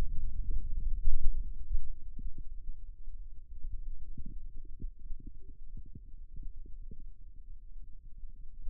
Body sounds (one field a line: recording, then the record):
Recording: forearm muscle sounds (acoustic myography)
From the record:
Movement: ulnar deviation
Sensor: system 2, bracelet of six BSWA MPA416 microphones around the upper forearm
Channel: 3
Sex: male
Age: 22 years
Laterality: right